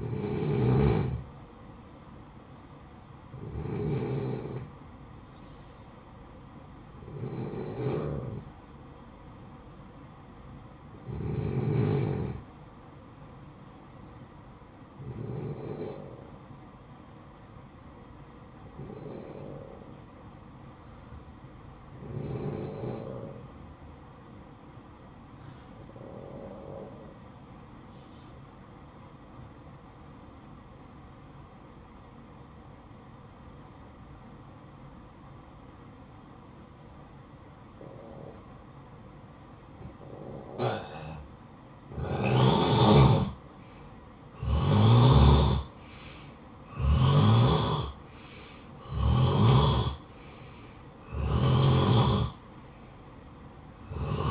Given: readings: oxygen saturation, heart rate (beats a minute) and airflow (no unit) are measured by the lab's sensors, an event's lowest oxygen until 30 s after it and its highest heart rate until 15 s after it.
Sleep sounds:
breathing in sleep by a smartphone at the bedside; 1
3.00-41.80 s: hypopnea (N1, oxygen 94% highest, then 88% lowest, heart rate 64 at the start, 64 highest)
17.00-54.31 s: new sleep stage, N2 (light sleep)
From the record:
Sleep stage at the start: N1 (lightest sleep); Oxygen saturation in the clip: 89 to 94%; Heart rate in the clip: 55 to 68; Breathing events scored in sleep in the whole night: 573 in 9.8 hours asleep

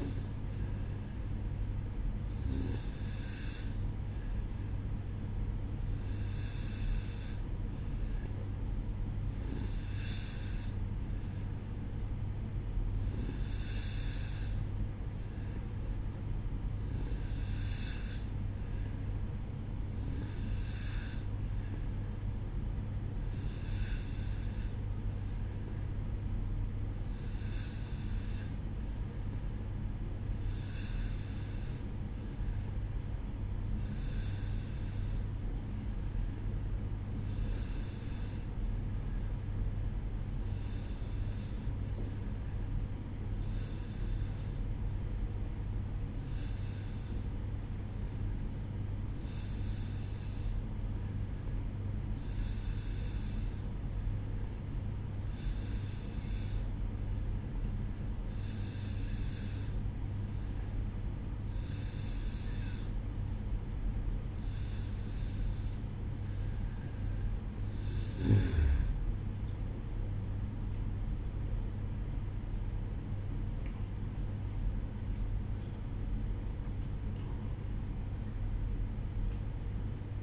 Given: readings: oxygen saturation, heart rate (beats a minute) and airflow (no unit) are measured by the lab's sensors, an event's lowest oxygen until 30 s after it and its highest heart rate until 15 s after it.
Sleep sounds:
breathing in sleep by a smartphone at the bedside; 1
25.00-66.80 s: hypopnea (N2, oxygen 93% highest, then 89% lowest, heart rate 61 at the start, 77 highest)
54.00-80.23 s: new sleep stage, awake
67.00-80.23 s: awake
From the record:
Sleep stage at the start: N2 (light sleep); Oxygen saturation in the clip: 89 to 94%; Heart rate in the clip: 60 to 77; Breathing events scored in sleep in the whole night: 305 in 9.6 hours asleep

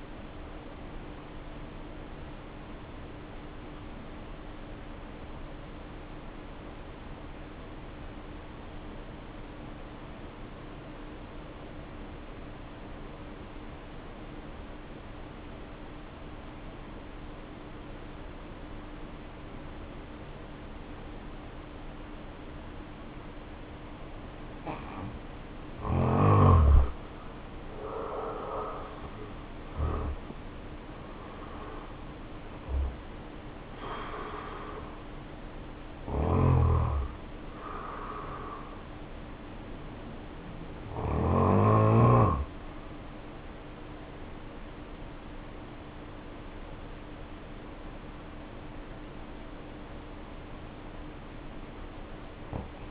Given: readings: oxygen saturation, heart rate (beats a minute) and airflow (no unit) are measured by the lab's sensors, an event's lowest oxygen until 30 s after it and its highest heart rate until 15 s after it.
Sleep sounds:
a person awake in a sleep study, by a voice recorder at the bedside; 1
5.00-25.20 s: obstructive apnea (N1, oxygen 89% highest, then 69% lowest, heart rate 55 at the start, 79 highest)
21.00-51.00 s: new sleep stage, awake
22.00-52.91 s: awake
51.00-52.91 s: new sleep stage, N1 (lightest sleep)
From the record:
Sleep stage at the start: N1 (lightest sleep); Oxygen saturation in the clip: 69 to 89%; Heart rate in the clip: 53 to 79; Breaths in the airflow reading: 5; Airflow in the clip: -6.9 to 7.3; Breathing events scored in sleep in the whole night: 520 in 7.2 hours asleep

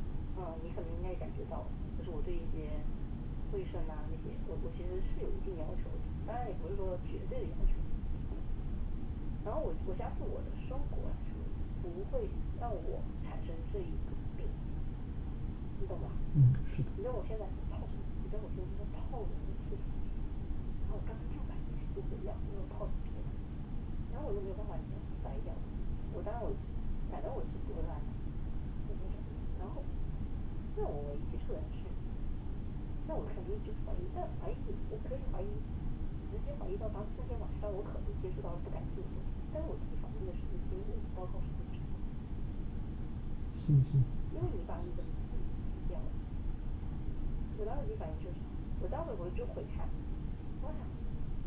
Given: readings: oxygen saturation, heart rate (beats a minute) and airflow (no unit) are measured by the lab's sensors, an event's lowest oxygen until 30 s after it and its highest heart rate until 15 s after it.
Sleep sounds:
a person awake in a sleep study, by a smartphone at the bedside; none
0.00-51.47 s: awake
From the record:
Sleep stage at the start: awake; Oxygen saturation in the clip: 93 to 95%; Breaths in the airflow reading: 21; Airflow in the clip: -5.5 to 6.1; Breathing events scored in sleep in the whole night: 216 in 7.0 hours asleep

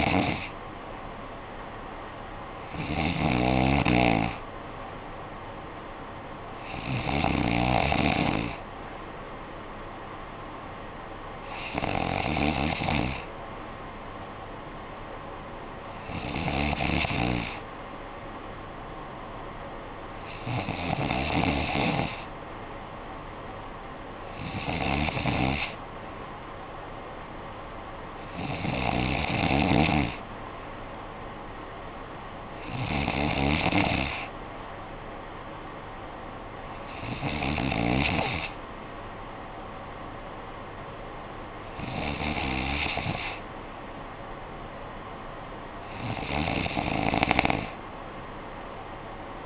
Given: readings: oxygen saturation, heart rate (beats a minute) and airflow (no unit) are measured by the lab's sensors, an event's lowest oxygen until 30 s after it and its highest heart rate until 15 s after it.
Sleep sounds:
breathing in sleep by a voice recorder at the bedside; none
9.00-39.00 s: new sleep stage, N3 (deep sleep)
39.00-49.45 s: new sleep stage, N2 (light sleep)
From the record:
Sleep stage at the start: N2 (light sleep); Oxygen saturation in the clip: 93 to 94%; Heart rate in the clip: 54 to 61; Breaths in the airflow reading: 12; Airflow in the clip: -8.5 to 5.6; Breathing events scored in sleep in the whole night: 445 in 7.6 hours asleep

